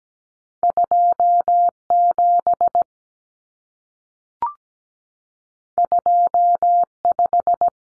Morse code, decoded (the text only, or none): 27 25